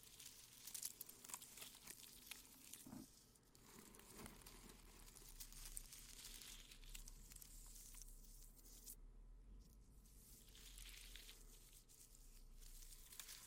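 Soft crinkling of plastic wrap, a dense, irregular crackle of small bright rustles that runs almost the whole time. The handling swells and eases, with a few firmer crinkles near the three- and four-second marks. A steady low hum sits underneath.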